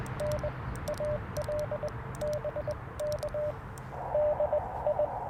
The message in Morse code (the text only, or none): N AL BK DI